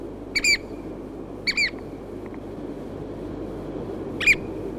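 Chatham Island oystercatcher giving three separate shrill piping calls, widely spaced, over quiet steady background noise.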